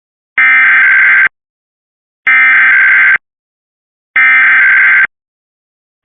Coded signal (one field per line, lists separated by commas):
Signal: Emergency Alert System (SAME) tones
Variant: header bursts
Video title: Required Monthly Test EAS 3/19/25 (OH Severe Weather Awareness)